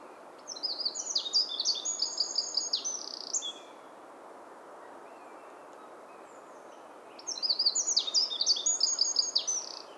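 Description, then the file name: Eurasian wren song: two loud bursts of very high, rapid trills and tinkling notes, each lasting about three seconds, over a steady background hiss. "Troglodytes troglodytes"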